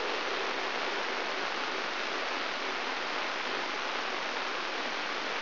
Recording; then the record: brain microelectrode recording played as sound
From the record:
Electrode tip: inside the subthalamic nucleus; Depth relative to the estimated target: 1 mm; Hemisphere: right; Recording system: AlphaMap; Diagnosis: Parkinson's disease